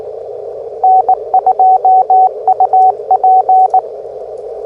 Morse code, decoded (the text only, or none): N2UP